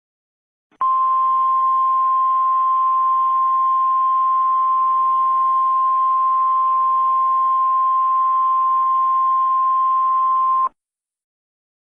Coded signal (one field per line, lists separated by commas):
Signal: Emergency Alert System (SAME) tones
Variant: 1050 Hz attention tone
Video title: EAS Scenario-Jack